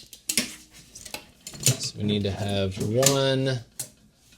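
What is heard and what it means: The metal hook of an Ascrono under-desk cable tray is pushed onto its mounting bracket and snaps into place with a sharp metallic click at 0.3 s. Lighter metallic taps and clatter follow around 1.1, 1.7 and 3.8 s while someone talks. The tray hook is seated.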